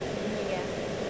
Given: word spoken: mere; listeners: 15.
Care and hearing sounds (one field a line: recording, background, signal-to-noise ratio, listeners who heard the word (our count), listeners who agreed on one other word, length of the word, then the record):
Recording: one English word in noise, from a listening test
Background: speech-shaped noise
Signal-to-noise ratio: -4.1 dB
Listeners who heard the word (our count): 1 of 15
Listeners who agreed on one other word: 9 of 15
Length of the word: 0.70 s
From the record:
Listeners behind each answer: 9, 2, 1, 1, 1, 1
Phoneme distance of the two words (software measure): 10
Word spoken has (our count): 1 syllable, 2 phonemes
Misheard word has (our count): 1 syllable, 2 phonemes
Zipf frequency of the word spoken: 3.82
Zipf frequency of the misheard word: 5.08